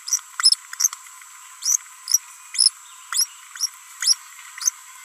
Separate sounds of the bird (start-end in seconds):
2.48-2.84, 3.05-3.30, 4.03-4.31, 4.56-4.91